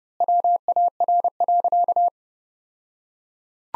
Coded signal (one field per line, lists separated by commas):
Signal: Morse code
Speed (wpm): 32 wpm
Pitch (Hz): 700 Hz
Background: none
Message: WAR.